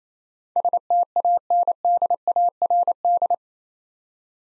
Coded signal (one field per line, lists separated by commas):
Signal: Morse code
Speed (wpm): 27 wpm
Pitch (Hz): 700 Hz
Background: none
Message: STANDARD